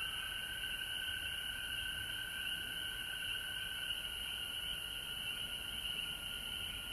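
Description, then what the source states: Frog chorus, bright continuous high trilling paired with a clear lower steady tone, even in loudness throughout. Frogs recorded at home in Georgia on March 19, 2020.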